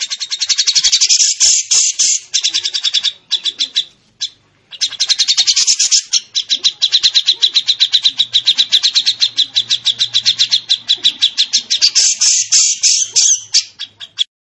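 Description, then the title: Bird song: long bursts of rapid, high, rattling notes in quick succession, broken by brief pauses, sometimes thickening into dense buzzy trills. Complete masteran (training) bird song. "masteran lengkapp"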